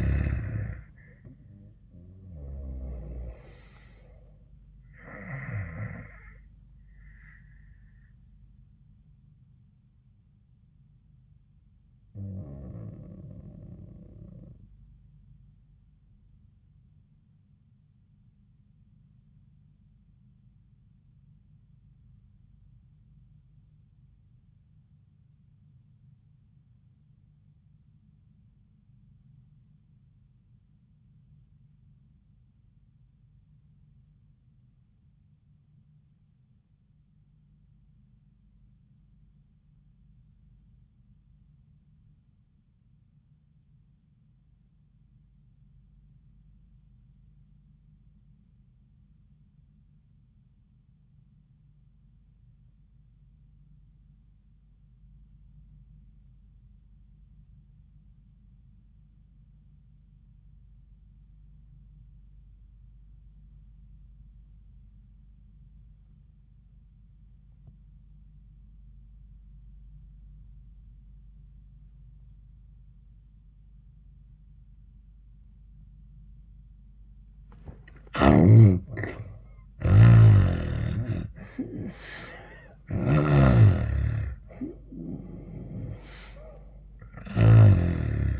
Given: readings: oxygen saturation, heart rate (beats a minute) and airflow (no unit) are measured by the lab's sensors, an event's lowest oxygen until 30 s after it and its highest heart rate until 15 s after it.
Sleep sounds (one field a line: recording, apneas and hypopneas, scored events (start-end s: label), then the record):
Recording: breathing in sleep by a smartphone at the bedside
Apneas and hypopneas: 1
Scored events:
14.00-77.70 s: obstructive apnea (N1, oxygen 98% highest, then 57% lowest)
17.00-77.00 s: new sleep stage, REM sleep
77.00-88.40 s: new sleep stage, N1 (lightest sleep)
From the record:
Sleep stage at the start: N1 (lightest sleep)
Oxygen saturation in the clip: 59 to 98%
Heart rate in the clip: 68 to 96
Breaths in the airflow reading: 5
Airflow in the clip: -25.9 to 13.1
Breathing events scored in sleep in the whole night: 400 in 8.7 hours asleep